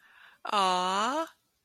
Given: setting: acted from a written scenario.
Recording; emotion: vocal sound without words; positive surprise